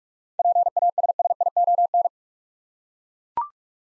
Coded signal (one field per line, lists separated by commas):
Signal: Morse code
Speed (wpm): 41 wpm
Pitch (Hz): 700 Hz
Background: none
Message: PASSION